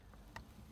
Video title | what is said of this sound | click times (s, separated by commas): VW Tiguan 2012-2017 Air Vent Disassembly/Assembly | know sort of click it goes in | 0.4 s